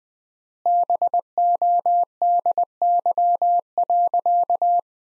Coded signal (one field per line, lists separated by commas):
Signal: Morse code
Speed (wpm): 21 wpm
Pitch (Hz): 700 Hz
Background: none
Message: BODY.